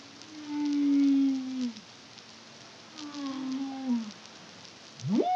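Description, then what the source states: Humpback whale song: two sustained harmonic moans that fall slightly at the end, then a sudden rising whoop. Song, recorded in the Caribbean (CARIMAM) in 2023.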